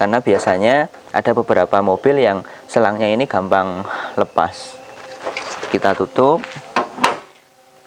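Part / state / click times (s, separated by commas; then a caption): car hood into its front latch / seated / 6.8 s, 7.0 s. Someone talks as a car's steel hood (bonnet) is closed down onto its front latch, and it seats with sharp clicks at 6.8 s and 7.0 s. The hood is closed until it clicks, because without the click it could open by itself while driving.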